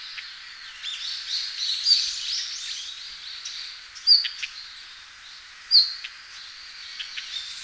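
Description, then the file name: Red-flanked bluetail giving short, thin high whistled calls, three spaced notes a second or two apart, over a steady hiss of background noise. "ruribitaki"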